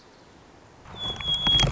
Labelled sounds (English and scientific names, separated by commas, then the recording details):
White-crowned Sparrow (Zonotrichia leucophrys)
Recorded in Sonoma County, California